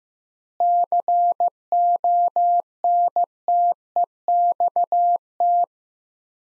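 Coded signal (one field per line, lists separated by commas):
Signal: Morse code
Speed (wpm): 15 wpm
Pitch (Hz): 700 Hz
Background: none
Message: CONTEXT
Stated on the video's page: Practice sets of four words at 15 wpm with 4x word spacing, Farnsworth-like; each sent in Morse, spoken, then sent again.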